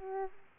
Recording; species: mosquito wingbeat signal from an infrared sensor; Aedes aegypti